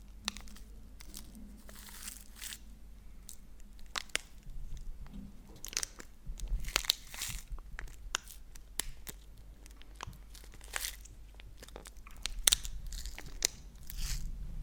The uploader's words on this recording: Crinkle sounds on Kinder Chocolate. Make some sounds with the wrap of the chocolates and then they eat them.